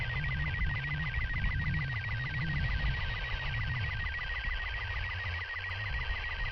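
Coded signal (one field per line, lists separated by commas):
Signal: SSTV (slow-scan television)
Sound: warbling, rapidly stepping whistle tones with steady rhythmic low chirps, over background hiss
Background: low rumble, radio noise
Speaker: April the 3rd, I was finally able to download some images, although one can discuss the quality of my reception.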